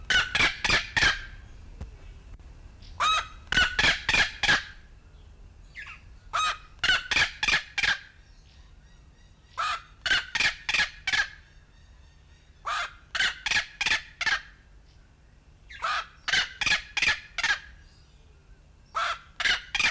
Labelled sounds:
Black-legged Seriema call

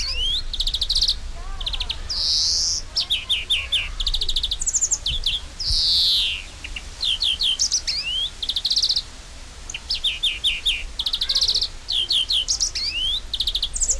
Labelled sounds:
European Greenfinch

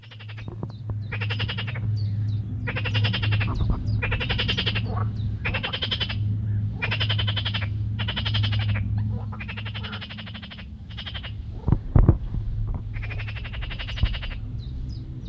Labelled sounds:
Marsh Frog call

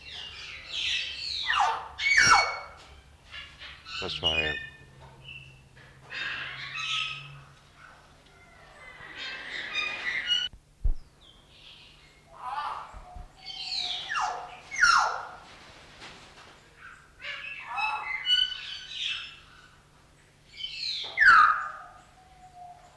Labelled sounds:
Golden Myna call

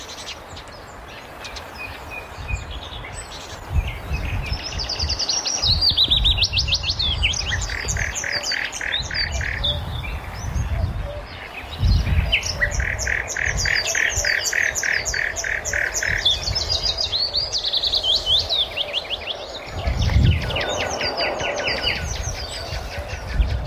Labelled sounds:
Common Cuckoo call

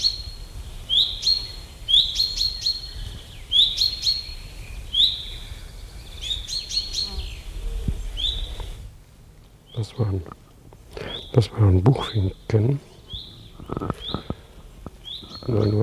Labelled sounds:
Common Chaffinch call

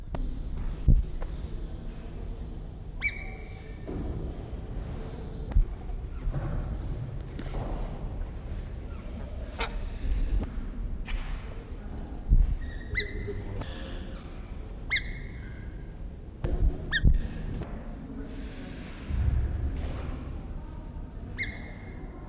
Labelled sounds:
Elegant Crested Tinamou

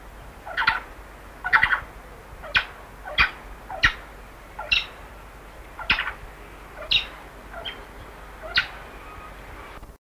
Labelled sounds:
White-throated Magpie-Jay call

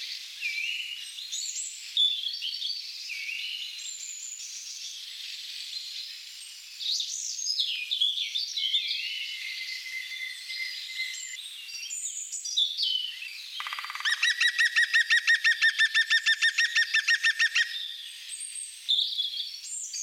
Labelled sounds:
European Green Woodpecker song

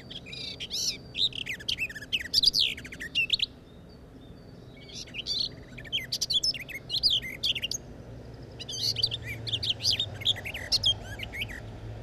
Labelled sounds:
Common Whitethroat song

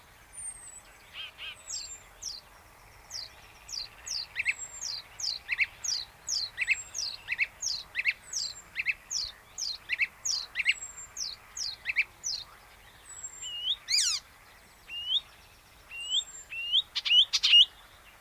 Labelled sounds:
Icterine Warbler song

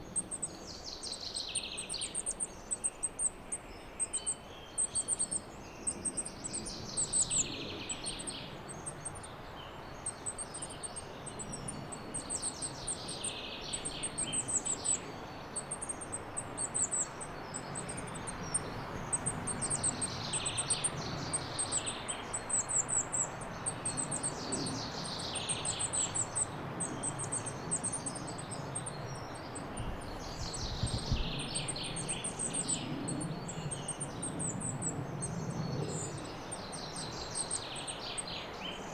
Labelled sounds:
Goldcrest call

